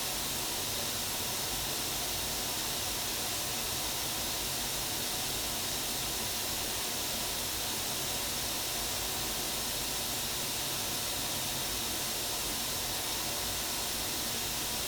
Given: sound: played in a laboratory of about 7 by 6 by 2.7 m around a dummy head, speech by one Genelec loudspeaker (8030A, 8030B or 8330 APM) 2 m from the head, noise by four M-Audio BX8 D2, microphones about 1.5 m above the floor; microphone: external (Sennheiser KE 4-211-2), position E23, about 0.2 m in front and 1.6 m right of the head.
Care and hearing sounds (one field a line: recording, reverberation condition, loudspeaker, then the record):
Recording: white noise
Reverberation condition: low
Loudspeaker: four, about 170 cm from the corners of the room and facing them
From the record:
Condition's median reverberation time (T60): about 310 ms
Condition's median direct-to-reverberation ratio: about 3.5 dB